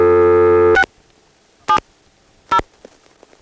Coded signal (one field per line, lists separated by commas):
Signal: DTMF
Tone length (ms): 70 ms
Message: 670